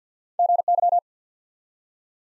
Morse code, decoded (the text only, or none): GY